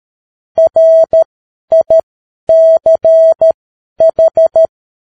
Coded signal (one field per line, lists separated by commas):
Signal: Morse code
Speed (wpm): 13 wpm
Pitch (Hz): 650 Hz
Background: none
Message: RICH